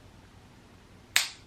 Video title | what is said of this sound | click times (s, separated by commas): ALDI FOOD HAUL, BEING A FOOTBALL MUM & MY CURRENT BASIC EVENING SKINCARE ROUTINE - DANIELLE LOUISE | and you will hear a click when it gets to the amount that you're supposed to use. | 1.2 s